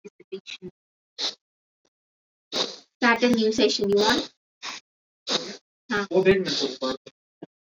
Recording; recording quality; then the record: deep breathing; moderate, slight background noise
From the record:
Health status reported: healthy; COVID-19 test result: not tested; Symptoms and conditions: none ticked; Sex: female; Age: 31 years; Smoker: not ticked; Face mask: worn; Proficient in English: yes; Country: India